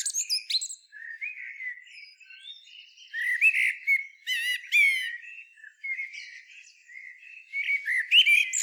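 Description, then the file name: Common blackbird singing a rambling run of whistled notes, buzzy trills and high squeaky flourishes. "Turdus merula"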